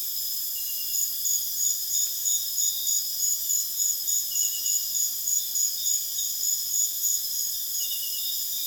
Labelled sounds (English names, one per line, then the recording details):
none
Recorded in dense forest near Puerto Asís, Putumayo, Colombia, on 22 June 2025 at 21:00
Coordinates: 0.484, -76.325
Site H65